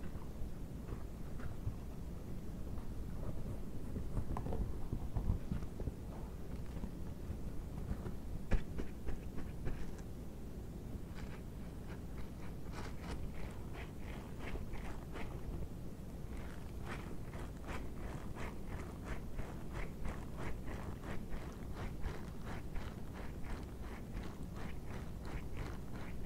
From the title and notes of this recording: ASMR GLOVES SOUNDS - DISHWASHING GLOVES, EAR MASSAGE, GLOVES SCRATCHING - NO TALKING.